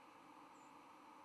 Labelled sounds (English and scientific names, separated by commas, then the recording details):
White-throated Sparrow (Zonotrichia albicollis) flight call
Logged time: 04:35 on 10 November 2014